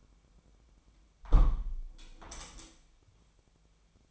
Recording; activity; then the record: daily activity, microphone in the room; close window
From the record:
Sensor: 1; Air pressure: 1006.6 hPa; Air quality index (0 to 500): 210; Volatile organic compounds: 24 ppm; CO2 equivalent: 2823 ppm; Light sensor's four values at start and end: 12/30/12/13 and 12/31/12/13